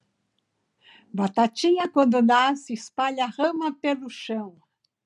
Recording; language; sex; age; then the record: short text; Brazilian Portuguese; female; 60 to 69 years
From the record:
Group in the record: control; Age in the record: 66 years